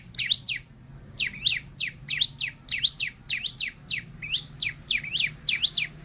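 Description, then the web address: White-eye song of bright, thin chirps that sweep down then flick up, repeated rapidly at about three per second with a short gap near the start. The white-eye's flock-calling song (gọi bầy). "tieng chim sau xanh hot goi bay"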